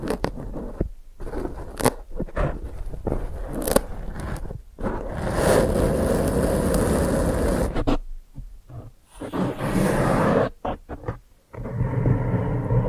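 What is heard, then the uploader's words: ASMR brain flossing with no talking: dense crinkly scraping and crunching sounds in uneven bursts, broken by short silences around the first few seconds. A longer, fuller stretch of rough rubbing fills the middle, followed by quieter gaps near eight and eleven seconds before it resumes. ASMR Brain Flossing (No Talking).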